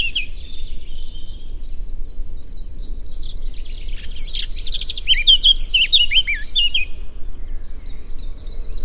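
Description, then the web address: Eurasian blackcap song: soft chirps building into a louder, rapid varied warble of fluty whistled notes, over steady low rumbling background noise. "cianscape birddata Deverinetal 2025"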